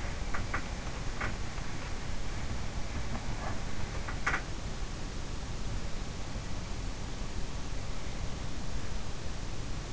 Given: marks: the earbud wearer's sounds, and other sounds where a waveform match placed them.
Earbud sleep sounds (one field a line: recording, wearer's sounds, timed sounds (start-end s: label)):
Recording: sounds in sleep by an in-ear microphone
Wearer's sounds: teeth grinding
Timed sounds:
0.00-1.90 s: teeth grinding
3.14-5.14 s: teeth grinding